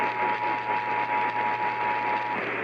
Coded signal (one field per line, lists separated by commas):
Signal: Emergency Alert System (SAME) tones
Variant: 853 and 960 Hz attention tone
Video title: 50 States, 50 EAS Alerts (1K Sub. Special)